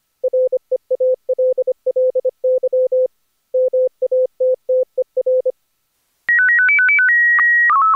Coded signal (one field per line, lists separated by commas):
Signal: Morse code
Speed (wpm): 28 wpm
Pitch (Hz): 510 Hz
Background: music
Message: REALLY MATTER